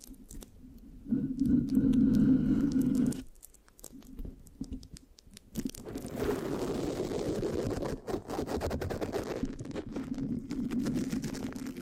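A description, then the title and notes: Sticky scratching on a microphone: a loud rubbing burst near two seconds, a pause, then dense steady scraping with sharp clicks from six seconds on. ASMR Giving You a Brain Peel Mic Scratching, Sticky, Brain Massage Triggers (No Talking).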